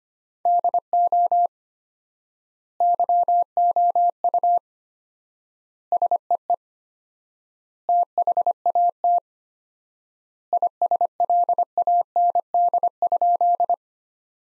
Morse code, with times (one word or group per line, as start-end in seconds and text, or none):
0.5-1.5 DO
2.8-4.6 YOU
5.9-6.5 SEE
7.9-9.2 THAT
10.5-13.7 ISLAND?